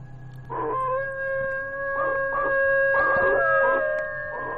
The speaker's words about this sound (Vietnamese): Trong lúc cả hai thằng vẫn còn đang ngây ngẩn thì ở bên ngoài có cái tiếng rú lên như là tiếng chó tru đến lão lùng.